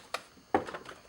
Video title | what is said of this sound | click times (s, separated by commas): VW GTI MK5 4 Door LED Puddle Light DIY - USP Motorsports | all the way around you'll hear each one pop into place | 0.1 s, 0.5 s